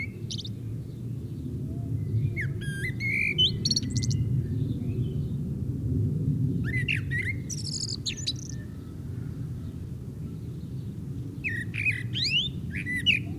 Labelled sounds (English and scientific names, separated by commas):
Common Blackbird (Turdus merula) song